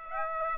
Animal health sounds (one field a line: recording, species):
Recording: mosquito wingbeat signal from an infrared sensor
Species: Aedes aegypti